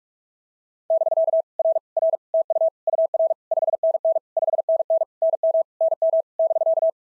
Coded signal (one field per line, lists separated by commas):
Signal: Morse code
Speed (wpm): 44 wpm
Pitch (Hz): 660 Hz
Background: none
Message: <BK> R R TU UR 5NN 5NN NM NM <BK>